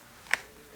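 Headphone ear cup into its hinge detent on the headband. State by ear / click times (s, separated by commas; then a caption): seated / 0.3 s. A plastic ear cup on a pair of Bluetooth headphones is folded or rotated into its hinge detent on the headband until it snaps into its locked position. A single loud, sharp click is heard at 0.3 seconds against a quiet background. The ear cup is seated.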